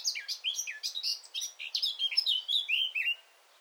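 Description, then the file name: Eurasian blackcap giving a fast scratchy warble of short, high, downslurred notes for about three seconds, then falling silent. "Sylvia atricapilla"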